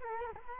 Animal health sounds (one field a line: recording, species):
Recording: mosquito wingbeat signal from an infrared sensor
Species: Culex quinquefasciatus